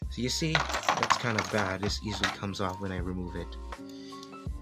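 Someone talks while handling a fake Kreis Satan and God Valkyrie Beyblade Burst spinning top, turning its layer onto its plastic and metal disc and driver to lock it in place, with faint light ticks near the end at about 4.2 s and 4.7 s. Nothing has seated or clicked yet.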